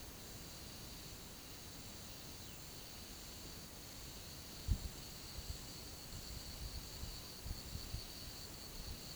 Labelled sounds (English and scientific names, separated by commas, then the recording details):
none
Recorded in pastures near Puerto Asís, Putumayo, Colombia, on 8 March 2025 at 11:30
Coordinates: 0.486, -76.323
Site G075